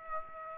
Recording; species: mosquito wingbeat signal from an infrared sensor; Aedes aegypti